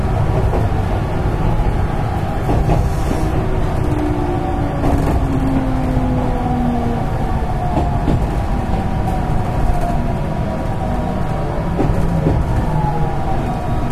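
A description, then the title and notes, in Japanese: A JR West Series 207 train runs with a steady, dense rumble, while faint whining tones slowly drift downward and occasional clicks pass. JR西日本207系0番台(F1編成) JR神戸線普通 尼崎から神戸まで。It is running sound of JR West Japan Series 207 train.I recorded on the local train of Kobe Line.The section is from Amagasaki to Kobe.西日本旅客鉄道 207系電車の走行音です。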